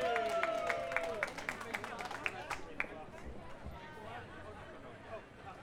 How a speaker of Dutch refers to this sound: Geef haar een warm applaus.